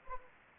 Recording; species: mosquito wingbeat signal from an infrared sensor; Anopheles arabiensis